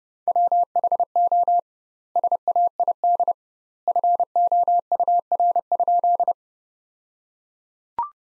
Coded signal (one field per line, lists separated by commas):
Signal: Morse code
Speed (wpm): 32 wpm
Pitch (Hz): 700 Hz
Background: none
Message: WHO SAID FOUR?